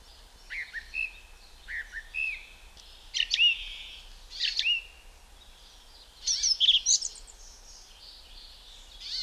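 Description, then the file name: Song Thrush singing bright whistled phrases, a short note repeated, then louder rich phrases and a chattering burst, with pauses between phrases. "Zvuki ptic - Pevchij drozd"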